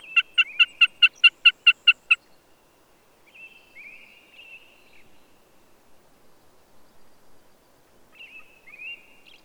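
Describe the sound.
Bird song: a rapid, steady series of loud ringing notes, then two separate warbled whistled phrases after pauses.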